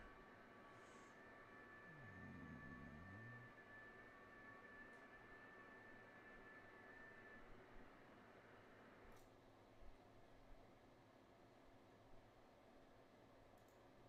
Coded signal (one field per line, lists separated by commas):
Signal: FT8